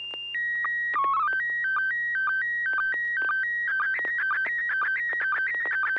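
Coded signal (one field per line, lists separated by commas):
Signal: SSTV (slow-scan television)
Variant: PD 120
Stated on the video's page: Heard during a weekly SSTV net on an FM repeater at 441.30 MHz, with slow-scan images sent using MMSSTV software.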